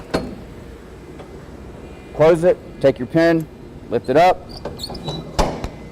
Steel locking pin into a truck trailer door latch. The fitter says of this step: make sure the pin slides back down and locks in place.